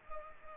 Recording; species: mosquito wingbeat signal from an infrared sensor; Culex pipiens